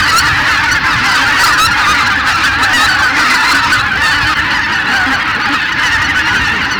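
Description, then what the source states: Greater white-fronted goose chorus: countless overlapping honking and cackling calls forming a constant, dense clamour with no clear gaps. Massed flock chatter ('bazaar') of greater white-fronted geese.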